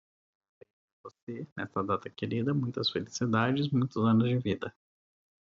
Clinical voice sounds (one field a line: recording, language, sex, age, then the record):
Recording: short text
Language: Brazilian Portuguese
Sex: male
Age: 40 to 49 years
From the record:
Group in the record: control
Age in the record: 41 years